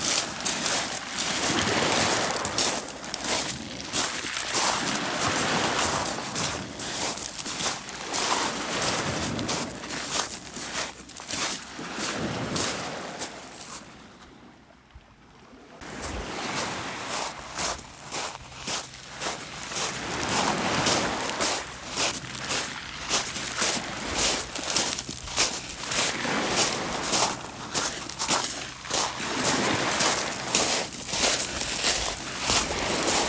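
Footsteps crunch steadily outdoors, fairly fast, as someone walks through loose ground with wind rushing over everything. The rough, bright sound stays dense most of the time, dropping to a brief lull around the middle before the walking and wind pick up again.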